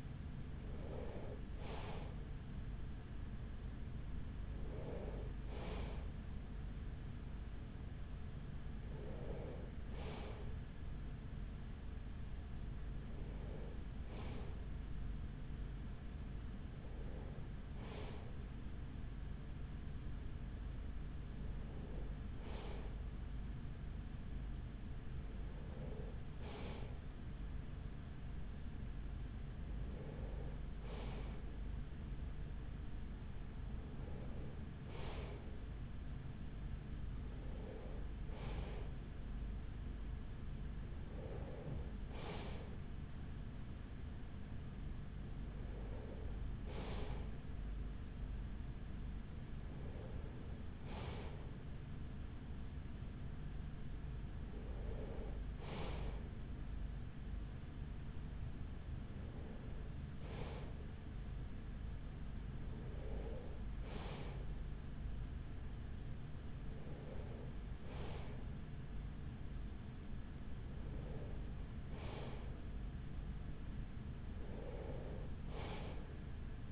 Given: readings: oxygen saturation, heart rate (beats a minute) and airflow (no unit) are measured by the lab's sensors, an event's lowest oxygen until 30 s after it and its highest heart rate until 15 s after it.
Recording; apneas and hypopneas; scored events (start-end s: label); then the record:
breathing in sleep by a smartphone at the bedside; none
none scored
From the record:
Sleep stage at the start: N3 (deep sleep); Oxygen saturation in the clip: 94 to 96%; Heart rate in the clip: 41 to 46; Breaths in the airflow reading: 19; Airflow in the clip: -6.0 to 6.1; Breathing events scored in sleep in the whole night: 207 in 7.6 hours asleep